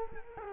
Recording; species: mosquito wingbeat signal from an infrared sensor; Culex quinquefasciatus